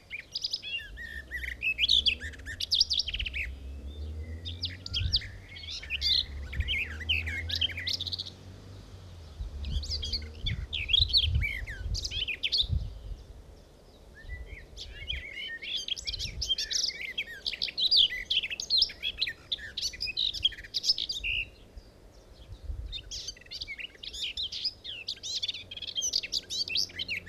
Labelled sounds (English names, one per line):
Garden Warbler song